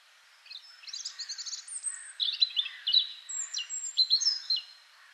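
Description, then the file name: European robin singing a varied, high, tinkling phrase of thin whistles, rapid trills and sudden pitch jumps, rising to very high squeaky notes, over faint steady noise. "Erithacus rubecula"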